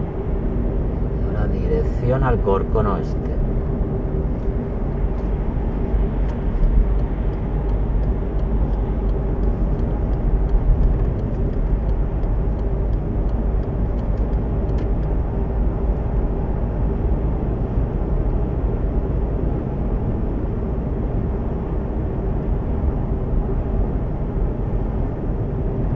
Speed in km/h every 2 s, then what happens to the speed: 71, 72, 69, 70, 71, 72, 74, 75, 77, 80, 79, 78, 77.
0-5 steady at about 71. 5-18 speeds up to 80. 18-26 steady at about 78.